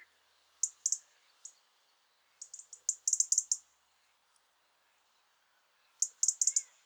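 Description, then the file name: European robin calling with sharp, high-pitched ticks, singly and in rapid runs, separated by quiet gaps. "Erithacus rubecula"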